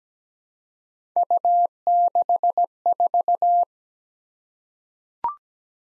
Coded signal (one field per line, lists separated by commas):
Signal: Morse code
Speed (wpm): 17 wpm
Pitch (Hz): 700 Hz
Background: none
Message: U64